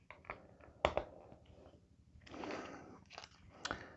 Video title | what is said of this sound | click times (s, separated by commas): Merlin Makes - Mando's N-1 Starfighter Microfighter. | like that and these click into place | 0.3 s, 0.9 s